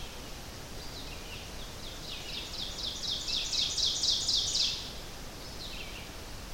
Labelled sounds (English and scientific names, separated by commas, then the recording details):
Ovenbird (Seiurus aurocapilla) song
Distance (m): 50 m
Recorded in boreal forest in Alberta, Canada, on 12 June 2016 at 05:50
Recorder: SongMeter 3, array SBT-3-18
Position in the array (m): 200 m, 82 m
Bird 31